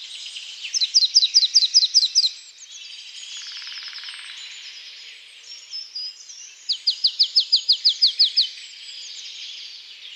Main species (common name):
Marsh Tit